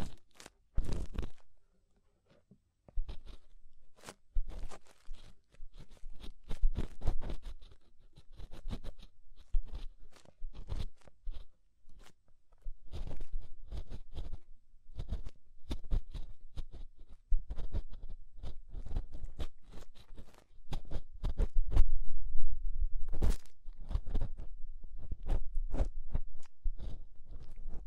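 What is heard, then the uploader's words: Scraping inside the ear: dense, irregular scratchy crackles and crunchy bursts over a low rumble, with brief quiet gaps early and steadier rubbing later. Inner and Outer Ear Scraping (No Talking).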